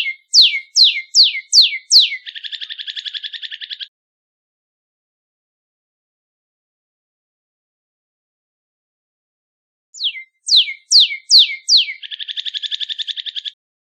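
Northern cardinal song: several loud down-slurred whistles followed by a fast rattling trill, given twice with a long pause between.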